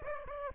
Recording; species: mosquito wingbeat signal from an infrared sensor; Aedes aegypti